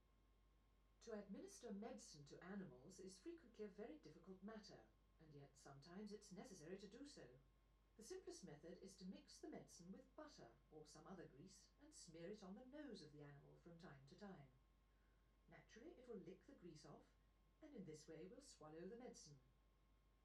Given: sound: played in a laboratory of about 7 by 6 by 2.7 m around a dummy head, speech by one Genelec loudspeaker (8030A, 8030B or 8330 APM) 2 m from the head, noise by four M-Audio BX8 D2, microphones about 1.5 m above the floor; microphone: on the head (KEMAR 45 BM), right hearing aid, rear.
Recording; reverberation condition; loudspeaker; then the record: female speech in English; low; 90 degrees to the left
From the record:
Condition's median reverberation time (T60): about 310 ms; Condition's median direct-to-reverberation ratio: about 3.5 dB